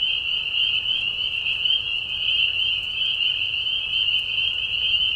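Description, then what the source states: High, piercing spring peeper chorus, many frogs peeping at once into a seamless steady whine. Chorus of peepers in a marsh at night, mating call during a very short spring season; high whistles at low volume; Tiny Marsh Conservation Area, Tiny, Ontario.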